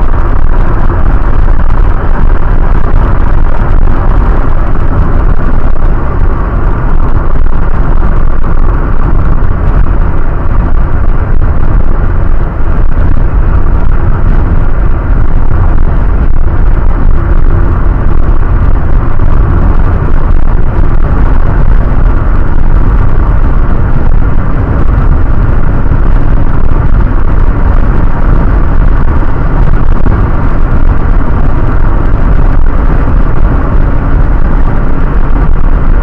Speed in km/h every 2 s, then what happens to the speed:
91, 92, 92, 92, 90, 89, 89, 89, 89, 91, 93, 95, 96, 98, 98, 98, 98, 98.
0-17 steady at about 90. 17-26 speeds up to 98. 26-36 steady at about 98.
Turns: none.